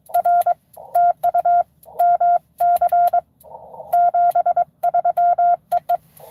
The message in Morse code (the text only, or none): R TU MC 73 EE